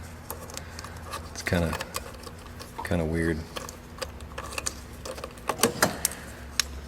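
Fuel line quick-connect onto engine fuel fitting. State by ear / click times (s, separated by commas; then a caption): seated / 6.6 s. A fuel line quick-connect coupling is pushed onto its fitting on the engine of a 2001 GMC Sonoma 2.2L during an engine replacement, with someone talking. Several light clicks and taps lead to a sharp louder cluster near the end. The coupling locks in place with a crisp click at 6.6 s.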